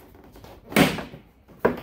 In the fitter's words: You hear the pop? I don't know if you can see this, but it just broke loose.